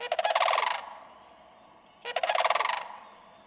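Sandhill crane giving two loud rolling, rattling bugles, each under a second long, separated by a pause of over a second.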